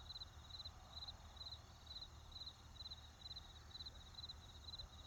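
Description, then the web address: Cricket chirps: short high trilled bursts, roughly two per second, evenly spaced, with a constant low traffic hum underneath. Crickets with a road and forest in the background. "Debarup Travel Films 26-Crickets with Road and Forest"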